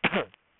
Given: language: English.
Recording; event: throat vibration sensor signal played as sound; cough